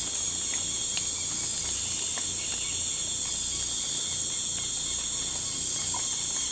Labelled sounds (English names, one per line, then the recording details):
none
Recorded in pastures near Puerto Asís, Putumayo, Colombia, on 18 December 2024 at 01:00
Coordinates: 0.466, -76.322
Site G040